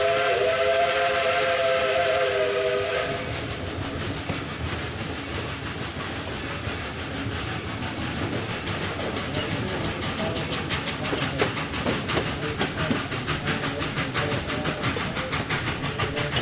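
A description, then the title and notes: A 1930s steam locomotive opens with about three seconds of loud, steady hissing and a wavering tone. Then a fast, regular chugging takes over, with the rhythmic clatter of wheels on the rails running densely to the end over a constant low rumble. Climb aboard this charming 1930s steam locomotive that once traversed the mountains between Alaska and the Yukon. Listen to the chugging of the train engine and rhythmic clatter of wheels on steel rails.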